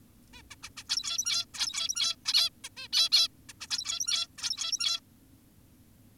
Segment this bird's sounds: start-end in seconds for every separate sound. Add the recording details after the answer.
0.34-0.42, 0.51-0.56, 0.63-0.70, 0.77-0.84, 0.89-1.46, 1.54-2.16, 2.26-2.50, 2.64-2.69, 2.77-2.88, 2.93-3.09, 3.12-3.28, 3.49-3.53, 3.61-3.67, 3.70-4.28, 4.38-5.00. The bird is an adult. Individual g17y2U